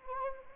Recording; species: mosquito wingbeat signal from an infrared sensor; Anopheles arabiensis